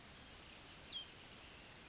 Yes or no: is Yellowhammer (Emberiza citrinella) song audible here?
no